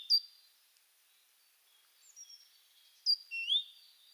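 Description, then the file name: Great tit call phrases: a sharp high note at the start, a few faint notes, then a sharp high note and an upward-sweeping squeak near the end. "Parus major"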